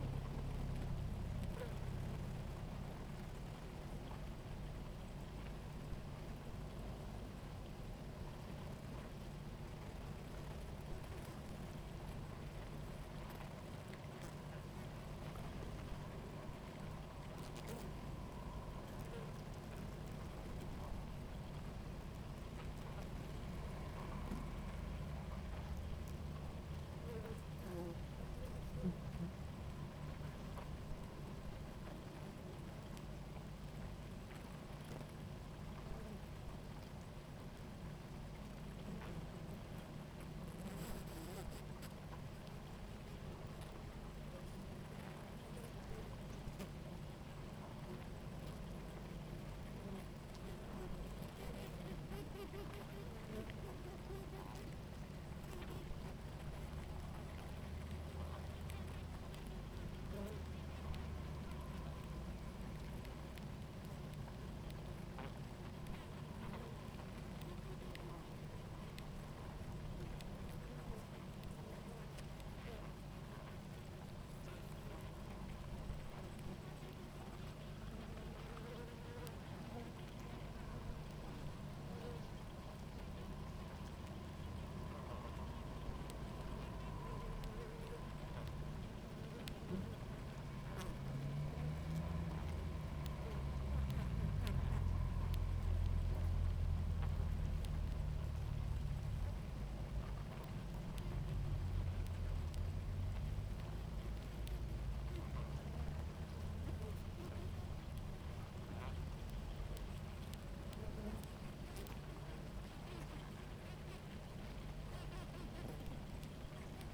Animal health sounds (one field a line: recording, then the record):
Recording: honeybee colony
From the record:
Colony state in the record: active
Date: 28 July 2017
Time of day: 17:45